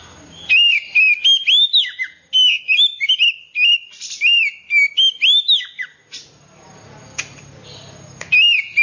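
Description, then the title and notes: Oriental magpie-robin singing rich whistled phrases, rising and falling notes delivered in quick bursts, then a few seconds of near-quiet before a final phrase. "suara kacer. kumpulan suara burung kacer"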